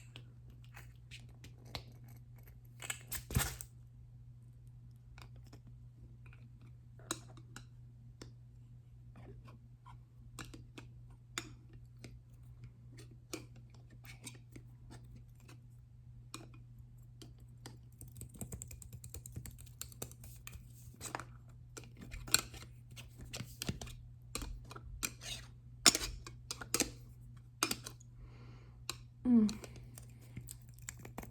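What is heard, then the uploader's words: Sharp clicks and taps of a lid being handled, scattered irregularly through the whole span and growing busier after about eighteen seconds, with louder knocks near 3, 22, 26 and 29 seconds. A steady low hum runs underneath throughout. ASMR Lid Sounds.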